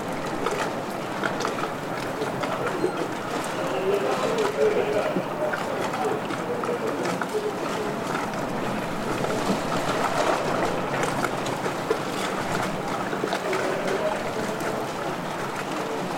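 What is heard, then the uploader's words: A busy harbour scene with a dense, steady wash of lapping water and a murmur of distant voices running throughout. The sound stays at an even level for the whole stretch, mostly in the low and middle range, with small splashes and knocks scattered through it. Stormy Harbour Ambiance. City of Bristol.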